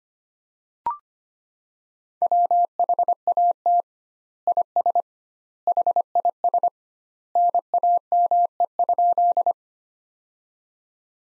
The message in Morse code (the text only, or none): WHAT IS HIS NAME?